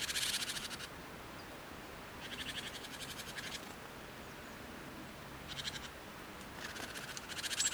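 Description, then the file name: Great tit scolding rattles: several dry, buzzy bursts of fast clicks, separated by quiet pauses over faint hiss. "Parus major"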